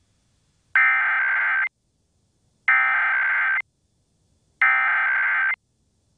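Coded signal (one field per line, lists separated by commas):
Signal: Emergency Alert System (SAME) tones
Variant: header bursts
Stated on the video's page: Required Monthly Test on an Oklahoma City television subchannel, recorded with a Tablo Quad.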